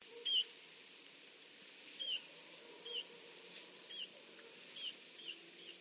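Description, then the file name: Eurasian bullfinch call, quiet short whistled notes repeated roughly once a second, faint against constant background hiss. "Pyrrhula pyrrhula"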